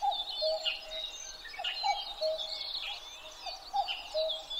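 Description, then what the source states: Common cuckoo uttering a few quick cu-coo phrases, the second note lower, amid a dense, bright chorus of whistling and chirping songbirds. Recorded 12 June 2011 at 03:53.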